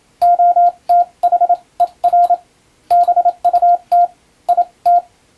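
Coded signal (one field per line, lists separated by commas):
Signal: Morse code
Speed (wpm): 27 wpm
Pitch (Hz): 700 Hz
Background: none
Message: OTHER BUT IT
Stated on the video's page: Morse code receiving practice for the Japanese radiotelegraph operator national exam, using telegram practice text; also usable as amateur radio copying practice.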